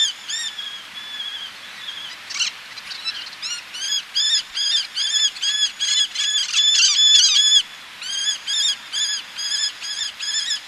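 Eleonora's falcon uttering rapid, harsh, nasal call notes in a long series, with a brief drawn-out whine early on and a short pause before the chattering resumes.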